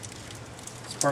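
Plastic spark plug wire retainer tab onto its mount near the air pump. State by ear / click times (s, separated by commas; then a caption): seated / 1.0 s. A plastic spark plug wire retainer tab is snapped back onto its mount near the air pump while the air pump is being reinstalled during a water pump install on a 1996 Chevrolet Impala SS. Faint low rustling and small ticks run through the clip before one sharp, loud snap at 1.0 s, and the tab is seated.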